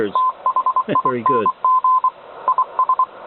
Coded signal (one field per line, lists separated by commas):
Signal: Morse code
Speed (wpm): 23 wpm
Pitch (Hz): 1020 Hz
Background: speech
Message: THING IS